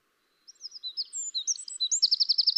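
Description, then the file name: Eurasian wren song starting with quick high twitters and ending in a loud, evenly pulsed trill. "Troglodytes troglodytes"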